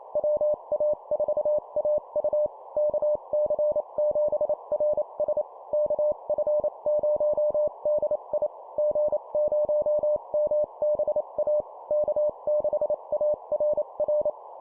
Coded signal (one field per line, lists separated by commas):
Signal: Morse code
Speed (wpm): 28 wpm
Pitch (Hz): 600 Hz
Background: none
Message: WA4AU KC7RS KF0DI G0MBA K6ARR